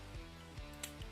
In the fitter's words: snap into place.